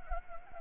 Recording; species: mosquito wingbeat signal from an infrared sensor; Anopheles gambiae